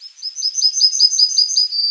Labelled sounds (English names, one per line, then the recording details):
Yellowhammer song
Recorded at under 5 m from the bird
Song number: 060